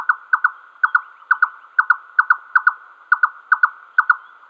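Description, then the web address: Red-necked nightjar singing: pairs of hollow, clucking notes repeated in a steady series. Male giving display song. "Schulze Peter Red-necked Nightjar male display"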